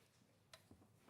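The handle of a craft button press is pressed down to die-cut a circle, driving the cutting die to its stop. A sharp, bright click sounds at 0.5 s, followed by a few softer low knocks. The die clicks at full stroke, confirming the press has seated.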